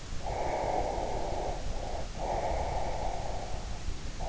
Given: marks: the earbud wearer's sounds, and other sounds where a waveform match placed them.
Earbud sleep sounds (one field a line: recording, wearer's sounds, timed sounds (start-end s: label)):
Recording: sounds in sleep by an in-ear microphone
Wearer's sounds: breath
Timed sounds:
0.11-3.73 s: breath